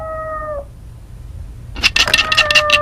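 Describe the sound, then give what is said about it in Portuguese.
A cat, cemented inside a wall, lets out a short, high meow, then after a pause cries again in a series of wavering meows mixed with sharp clattering bursts. “Oh, eu cimentei a gata.”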